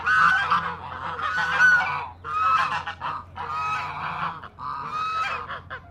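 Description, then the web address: Chinese goose giving harsh, excited honks in several drawn-out bursts, with a faint low hum underneath. Agitated honking. "Sound Effects-Foundation 1 BIRD GEESE CHINESE HONK AGITATED"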